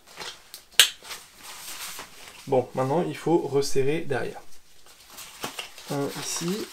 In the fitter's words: Et tu le clipses là.